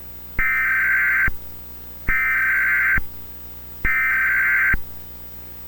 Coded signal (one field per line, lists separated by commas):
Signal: Emergency Alert System (SAME) tones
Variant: header bursts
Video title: Zombie EAS Scenario - 28 Days Later (2002)